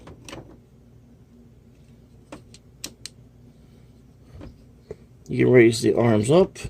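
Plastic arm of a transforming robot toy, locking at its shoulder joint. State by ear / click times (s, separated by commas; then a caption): not seated / none. The plastic arm of a Studio Series 86 Blurr transforming robot figure is handled at its shoulder joint as it is raised toward its locked position, producing a few faint, sharp plastic ticks and taps against a quiet background. Someone then talks near the end. The arm has not yet locked into place, and nothing has seated or clicked yet.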